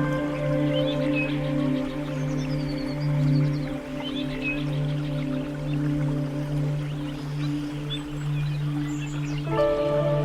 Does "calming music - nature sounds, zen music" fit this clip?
yes